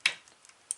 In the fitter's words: on the rubber bumper there and pull it until it snaps in